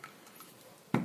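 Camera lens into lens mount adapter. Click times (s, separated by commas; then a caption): 0.9 s. A camera lens is twisted onto the bayonet mount of a focal reducer lens mount adapter after a fix. After a faint tick near the start and quiet handling, there is a sharp metallic hit at 0.9 s. The lens does not fully click into place, but it holds securely.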